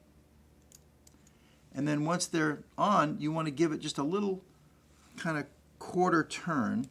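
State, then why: Not seated. An interchangeable bezel is lined up on the notches of a watch case and set on, giving small positioning ticks at about 0.8, 1.1 and 1.3 seconds, while someone talks. The bezel has not yet been given its quarter turn, so nothing has clicked into place yet.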